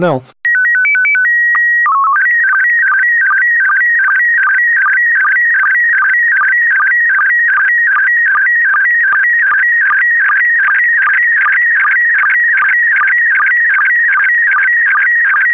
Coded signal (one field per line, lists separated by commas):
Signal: SSTV (slow-scan television)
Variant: PD 50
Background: speech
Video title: Daily Minutes, 23 december 2018 (NIeuws, 4 kerst-SSTV-beelden)